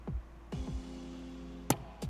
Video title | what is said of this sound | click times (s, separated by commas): Billetworkz - 2017+ Honda Civic Type R/Si Shift Knob Install Guide | I'm just going to click that back up then | 1.7 s